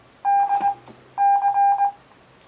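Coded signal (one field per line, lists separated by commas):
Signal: Morse code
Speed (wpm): 20 wpm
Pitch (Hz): 800 Hz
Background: none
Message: DC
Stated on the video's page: Morse receiving practice for beginners, with practice apps and a homemade Morse oscillator.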